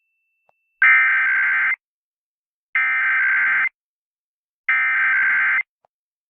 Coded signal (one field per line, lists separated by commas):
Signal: Emergency Alert System (SAME) tones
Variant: header bursts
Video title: September Weekend Tests Finale (EAS #22701-22707) 9/28-29/24